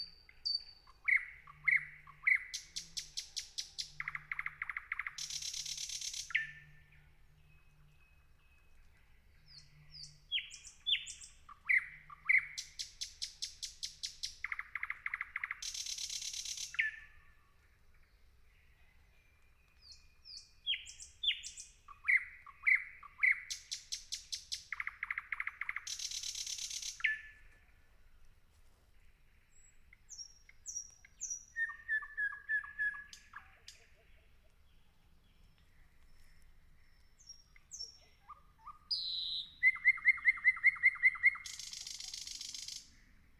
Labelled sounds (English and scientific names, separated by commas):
Thrush Nightingale (Luscinia luscinia) song